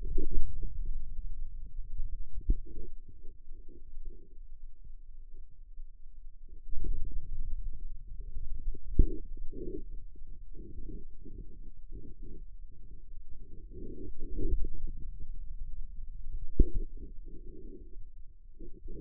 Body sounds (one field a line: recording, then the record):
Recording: forearm muscle sounds (acoustic myography)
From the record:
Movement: inward rotation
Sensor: system 2, bracelet of six BSWA MPA416 microphones around the upper forearm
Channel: 5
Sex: male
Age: 22 years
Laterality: right